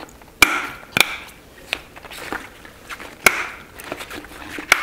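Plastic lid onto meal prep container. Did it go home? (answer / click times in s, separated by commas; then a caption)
yes / 0.4 s, 1.0 s, 1.7 s, 3.3 s, 4.7 s. A plastic lid is pressed down onto a meal prep container so its four little tabs snap into place. Sharp snapping clicks are heard at 0.4, 1.0, 1.7, 3.3 and 4.7 seconds, with a faint tap around 2.3 seconds. The lid ends up seated on the container.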